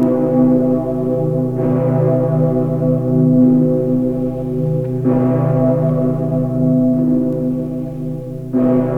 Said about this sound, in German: Es war die schwerste Glocke der Welt, mit einer riesigen Metallzunge und einem Gerüst, das den Glockenturm stützte. Der Ton der Glocke brach einem in die Träume ein und ganz Köln schien einem unter den Füßen zu zittern.